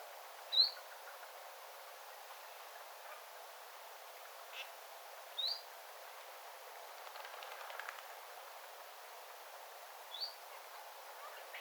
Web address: paivat 9 9 2025 tiltaltin aantelya lintutornin vierella